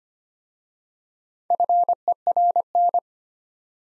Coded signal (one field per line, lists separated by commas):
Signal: Morse code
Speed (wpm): 25 wpm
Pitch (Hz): 700 Hz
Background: none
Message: FERN